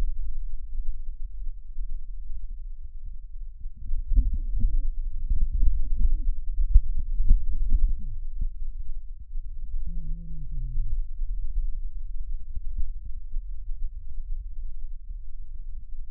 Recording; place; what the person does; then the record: lung sounds by stethoscope; left posterior basal chest; quiet breathing, then cough and speech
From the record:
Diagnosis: COPD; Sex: male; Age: 70 years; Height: 163 cm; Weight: 64.6 kg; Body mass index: 24.3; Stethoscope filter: bell mode